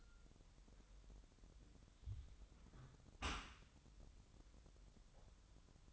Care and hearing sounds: daily activity, microphone in the room; close dishwasher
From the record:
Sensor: 3

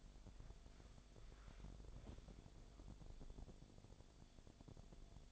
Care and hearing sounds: daily activity, microphone in the room; walk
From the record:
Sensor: 5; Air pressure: 1000.6 hPa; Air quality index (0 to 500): 133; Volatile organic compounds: 2 ppm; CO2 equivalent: 1040 ppm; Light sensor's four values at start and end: 46/106/44/46 and 45/106/44/46

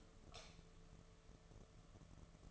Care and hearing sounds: daily activity, microphone in the room; light off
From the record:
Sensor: 4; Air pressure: 1015.6 hPa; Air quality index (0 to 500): 184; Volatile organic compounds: 9 ppm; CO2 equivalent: 2128 ppm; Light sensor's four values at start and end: 14/34/13/13 and 13/30/12/12

